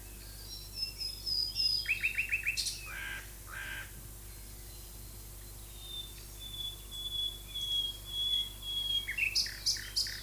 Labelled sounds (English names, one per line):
Common Nightingale song